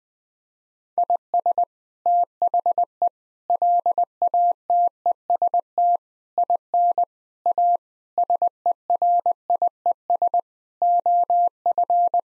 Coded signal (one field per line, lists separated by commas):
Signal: Morse code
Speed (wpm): 20 wpm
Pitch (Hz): 700 Hz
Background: none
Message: IS THE LATEST IN A SERIES OF